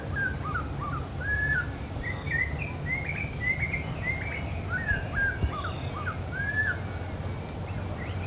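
Snowy-crowned robin-chat song, a run of short slurred whistled phrases, rising and falling, over a steady high insect drone and low rumbling background.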